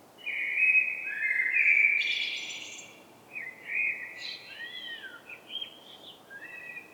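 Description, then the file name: Common blackbird song: a mellow fluted phrase with a brief high flourish, then a looser run of short warbled and twittering notes. "Turdus merula"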